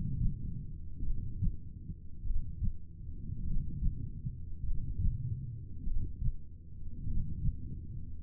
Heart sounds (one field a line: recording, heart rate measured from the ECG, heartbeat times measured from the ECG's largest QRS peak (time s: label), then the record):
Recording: heart sounds by stethoscope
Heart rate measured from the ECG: 50 bpm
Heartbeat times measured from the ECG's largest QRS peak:
1.07 s: heartbeat
2.27 s: heartbeat
3.47 s: heartbeat
4.68 s: heartbeat
5.87 s: heartbeat
7.08 s: heartbeat
From the record:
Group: heart failure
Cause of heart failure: cardiac sarcoid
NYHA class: 1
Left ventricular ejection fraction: 39%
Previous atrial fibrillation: present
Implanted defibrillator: present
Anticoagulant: apixaban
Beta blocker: carvedilol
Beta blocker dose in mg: 50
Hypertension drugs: ramipril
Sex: male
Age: 79 years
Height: 184 cm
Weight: 92.5 kg